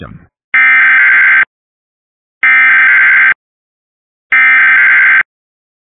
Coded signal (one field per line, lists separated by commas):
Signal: Emergency Alert System (SAME) tones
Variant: header bursts